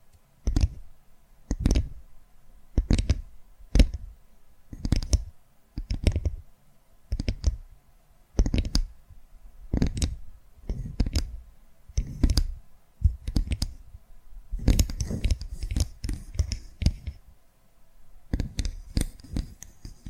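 Crisp tapping comes in regular strikes about every second, sharp and bright, with a thicker burst of rapid taps near fifteen and nineteen seconds.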